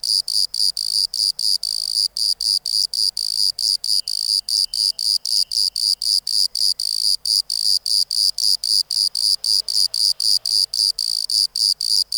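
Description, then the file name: Bordeaux cricket song: steady high chirps repeated about four times a second. "Modicogryllus bordigalensis"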